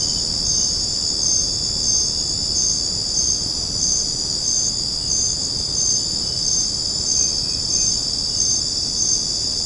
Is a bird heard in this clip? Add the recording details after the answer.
no. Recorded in secondary vegetation near Puerto Asís, Putumayo, Colombia, on 9 March 2025 at 01:00. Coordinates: 0.481, -76.318. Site G097